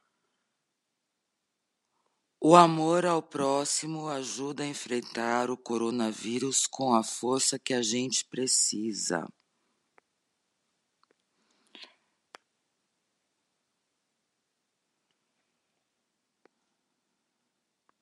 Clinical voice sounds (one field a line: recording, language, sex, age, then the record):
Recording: spoken sentence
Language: Brazilian Portuguese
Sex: female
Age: 50 to 59 years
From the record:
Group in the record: control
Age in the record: 53 years